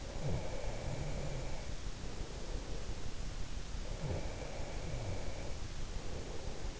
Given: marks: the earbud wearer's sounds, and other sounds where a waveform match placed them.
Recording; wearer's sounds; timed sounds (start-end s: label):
sounds in sleep by an in-ear microphone; breath
0.05-2.96 s: breath
3.80-6.80 s: breath